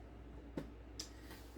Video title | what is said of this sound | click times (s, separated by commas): Darth Tyrax Presents: GI Joe Classified Cobra Stinger | and just snaps in place | 1.0 s